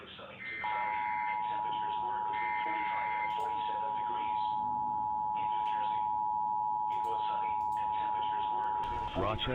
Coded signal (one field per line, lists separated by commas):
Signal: Emergency Alert System (SAME) tones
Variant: 853 and 960 Hz attention tone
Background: speech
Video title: IP - Required WEEKLY Test and SNOW SQUAIL WARNINGS - NO EAS